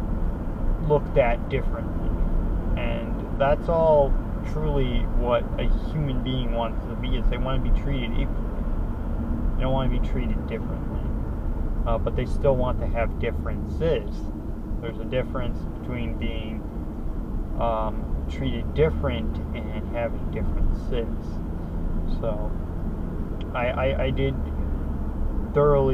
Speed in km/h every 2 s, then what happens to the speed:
68, 68, 69, 66, 64, 53, 42, 39, 42, 45, 47, 50, 55.
0-8 steady at about 68. 8-13 brakes to 39. 13-26 speeds up to 55.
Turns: none.